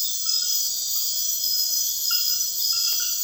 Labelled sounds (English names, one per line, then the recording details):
none
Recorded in dense forest near Puerto Asís, Putumayo, Colombia, on 19 February 2024 at 01:30
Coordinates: 0.496, -76.326
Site G6383